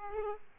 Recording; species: mosquito wingbeat signal from an infrared sensor; Aedes aegypti